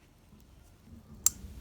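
A metal retaining clip is slid over a groove on a shaft in a 1983 Yamaha PW 50 motorcycle engine. After a faint tick at 0.4 s and low background rumble, the clip snaps into the groove with one sharp, bright click at 1.3 s. The clip is confirmed seated and locked in place.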